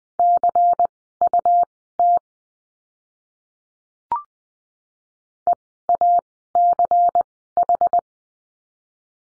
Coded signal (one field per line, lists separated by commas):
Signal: Morse code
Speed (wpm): 20 wpm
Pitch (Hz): 700 Hz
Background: none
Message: CUT EACH